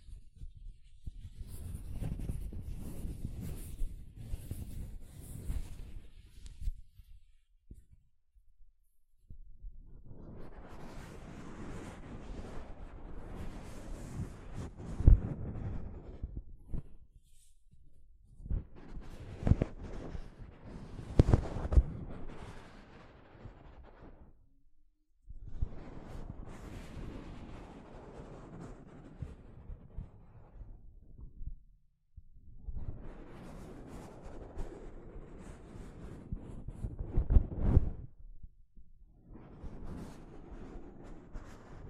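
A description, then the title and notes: Soft fabric brushes slowly across a microphone in five swelling, muffled strokes, each a few seconds long, separated by brief near-silent pauses. ASMR Mic Brushing using Soft Fabric (No Talking).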